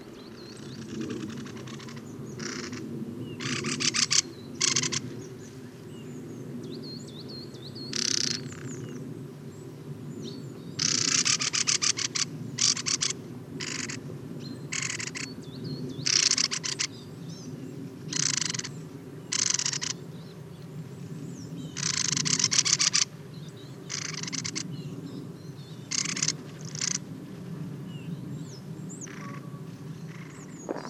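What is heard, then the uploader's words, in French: Many birds chirp in repeated bright bursts, some rapid and trilling, over a steady low rumble of aircraft droning throughout all thirty seconds. Safari sonore - Automne à la Sarcena. Voici le résumé d'un safari sonore effectué en forêt de Val Drôme. Beaucoup d'oiseaux en cette belle matinée ensoleillée, mais aussi beaucoup d'avions.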